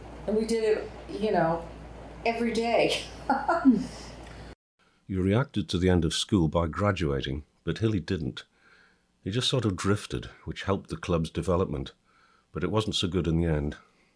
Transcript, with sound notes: And we did it, you know, every day (laughs) You reacted to the end of school by graduating, but Hilly didn’t. He just sort of drifted, which helped the clubs development….but it wasn’t so good in the end…